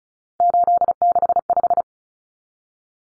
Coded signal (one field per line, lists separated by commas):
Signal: Morse code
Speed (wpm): 34 wpm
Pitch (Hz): 700 Hz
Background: none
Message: 865